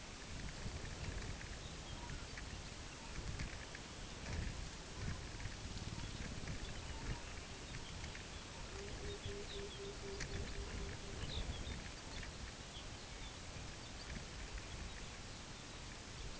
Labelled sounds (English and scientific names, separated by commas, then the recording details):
unidentified sound, Pectoral Sandpiper (Calidris melanotos)
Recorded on Arctic tundra, site UTQI-5, on 16 June 2019
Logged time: 12:00